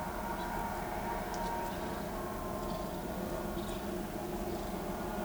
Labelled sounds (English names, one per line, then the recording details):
none
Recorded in pastures near Pivijay, Magdalena, Colombia, on 13 April 2023 at 10:30
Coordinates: 10.456, -74.369
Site P6-G026